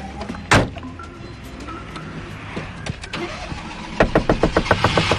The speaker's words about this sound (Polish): Jakby mógł pan silniczek? Pan jest właścicielem tego samochodu?